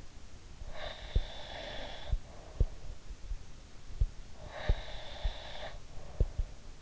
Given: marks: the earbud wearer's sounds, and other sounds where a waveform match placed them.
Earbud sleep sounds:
sounds in sleep by an in-ear microphone; breath
0.64-2.91 s: breath
4.34-6.55 s: breath

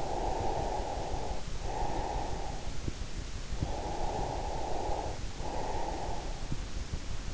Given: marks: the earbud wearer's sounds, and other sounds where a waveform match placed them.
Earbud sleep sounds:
sounds in sleep by an in-ear microphone; breath
0.00-2.59 s: breath
3.24-6.62 s: breath

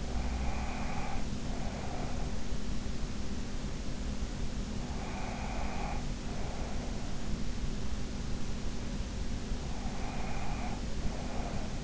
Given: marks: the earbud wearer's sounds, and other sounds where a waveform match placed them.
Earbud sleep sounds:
sounds in sleep by an in-ear microphone; breath
0.00-2.46 s: breath
4.85-7.14 s: breath
9.77-11.84 s: breath

